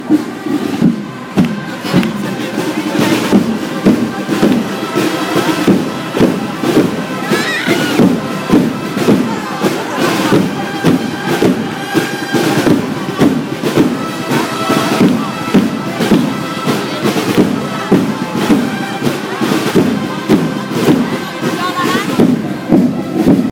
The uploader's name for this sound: Parade of the Reyes Magos